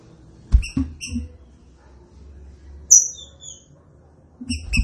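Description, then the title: Green-winged saltator song, a few brief whistled notes at the start, then a sharp high slurred whistle and soft trailing notes, ending with more whistles over faint low rumbling. Classic song style; training recording. "Canto Clássico Trinca Ferro"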